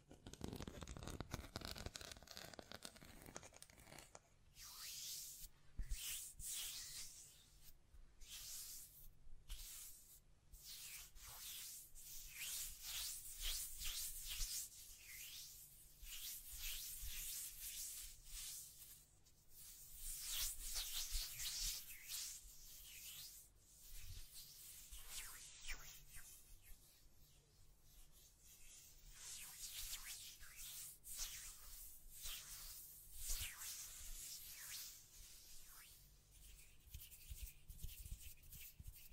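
Hand sounds brushing and scratching across a microphone, dense rubbing strokes with quick taps and brief pauses, a low steady hum underneath throughout.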